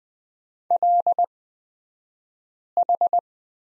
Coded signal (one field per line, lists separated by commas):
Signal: Morse code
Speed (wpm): 20 wpm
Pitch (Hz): 700 Hz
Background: none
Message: LH